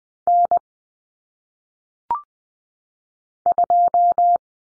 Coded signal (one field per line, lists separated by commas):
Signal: Morse code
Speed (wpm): 20 wpm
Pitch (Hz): 700 Hz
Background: none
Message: N 2